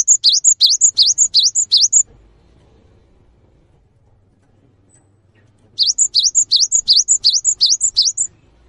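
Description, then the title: Cinereous tit song in two fast bursts of high, sharply sweeping repeated notes, separated by about four seconds of quiet. Actively singing bird giving long 'wucit' calls that provoke other birds of its kind to join in and call. "GELATIK BATU GACOR WUCIT PANJANGNYA BIKIN GELATIK LAIN JADI TERPANCING UNTUK IKUT BUNYI"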